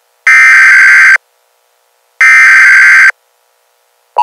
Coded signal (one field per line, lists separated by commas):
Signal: Emergency Alert System (SAME) tones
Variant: header bursts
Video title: EAS Mock: Immediate Evacuation